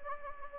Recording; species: mosquito wingbeat signal from an infrared sensor; Anopheles gambiae